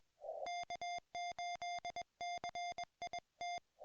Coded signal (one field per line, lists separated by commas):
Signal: Morse code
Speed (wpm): 21 wpm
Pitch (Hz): 2100 Hz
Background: music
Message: K8CIT